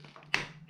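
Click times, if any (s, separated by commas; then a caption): 0.3 s. A 3D-printed plastic end cap is pressed onto the end of a 3D-printed airsoft stock, with a few faint taps before a sharp, bright click at 0.3 s, over a steady low hum. Another short tap follows at 0.7 s, and the cap clicks into place, seated on the stock.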